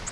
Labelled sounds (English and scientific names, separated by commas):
Virginia's Warbler (Leiothlypis virginiae) flight call